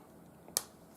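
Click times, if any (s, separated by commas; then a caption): 0.6 s. Two plastic Kato Unitrack N scale roadbed track sections from the M2 starter set are pushed together until the joiner locks into the adjoining section. After a faint tick at 0.5 s, a sharp, bright snap rings out at 0.6 s and fades quickly over quiet background. The track sections are seated with a satisfying click.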